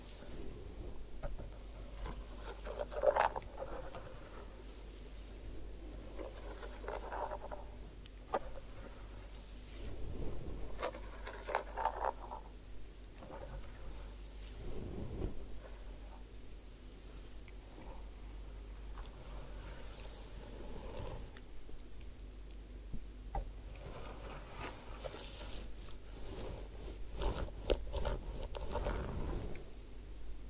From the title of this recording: Head Spa Hair Wash, Massage, Ear Cleaning